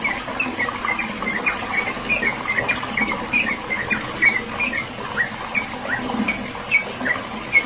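Bird chirping: many quick, high, thin notes scattered throughout with irregular timing, against a continuous noisy background hiss.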